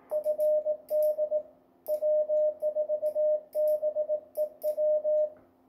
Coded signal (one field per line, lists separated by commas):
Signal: Morse code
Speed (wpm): 18 wpm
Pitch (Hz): 610 Hz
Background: radio noise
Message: FD W4BEW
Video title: 2019 CCARS CW Field Day Operation